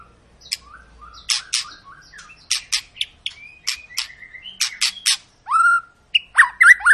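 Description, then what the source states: White-rumped shama: songbird giving harsh scratchy bursts and sharp ticks among brief whistles, closing with louder whistled notes. Long continuous lure song of a shama singing prolifically, meant to prompt other birds to sing.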